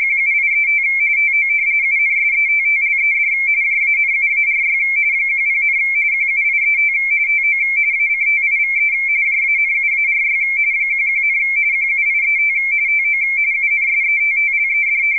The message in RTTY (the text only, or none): QUIET TO UNSETTLED JANUARY 10, QUIET TO ACTIVE JANUARY 11, QUIET TO UNSETTLED